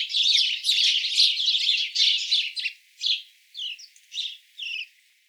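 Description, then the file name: House sparrow chirping: a dense, overlapping burst of harsh chirps for about three seconds, then four separate chirps spaced roughly half a second apart. "Passer domesticus"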